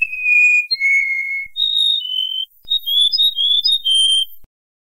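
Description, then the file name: Canary song of clear whistled notes: a long low phrase, then higher whistles and a quick run of short chirps. "kenari"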